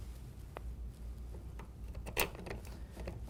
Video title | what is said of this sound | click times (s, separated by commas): Huffy Kid Bike, Moto X, Fast Assembly Quick Connect, 14" Gloss Red Toys #short | And it just clicks into place. | 0.6 s